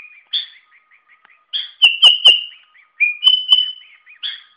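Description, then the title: Sooty-headed bulbul calling with short chirps and a few louder, drawn-out whistled notes, separated by brief pauses, over a faint steady background tone. "Suara Burung Kutilang"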